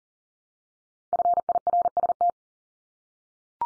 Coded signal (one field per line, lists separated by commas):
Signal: Morse code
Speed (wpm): 40 wpm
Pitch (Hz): 700 Hz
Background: none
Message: FIRST